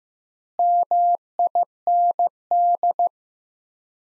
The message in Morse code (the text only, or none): MIND